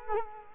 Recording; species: mosquito wingbeat signal from an infrared sensor; Culex quinquefasciatus